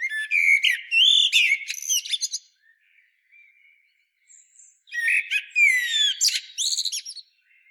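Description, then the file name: Common blackbird giving two lively bursts of whistled, squeaky twittering notes with slurred upward and downward sweeps, a few softer notes between them. "Turdus merula"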